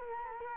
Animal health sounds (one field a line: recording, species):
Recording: mosquito wingbeat signal from an infrared sensor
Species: Culex quinquefasciatus